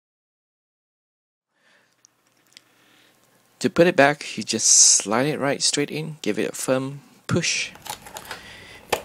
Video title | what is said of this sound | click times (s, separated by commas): Walkera Tali H500 How to change a Worm Servo - UCdrone | and you're going to hear a snap and tell you that it's been | 8.9 s